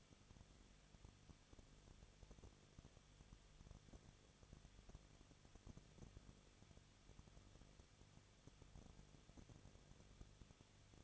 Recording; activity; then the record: daily activity, microphone in the room; no activity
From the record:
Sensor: 4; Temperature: 23.0 degrees Celsius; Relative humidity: 34.4%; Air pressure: 1007.3 hPa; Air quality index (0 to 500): 216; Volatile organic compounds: 15 ppm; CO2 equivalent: 2515 ppm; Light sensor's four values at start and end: 2/3/1/1 and 2/3/1/1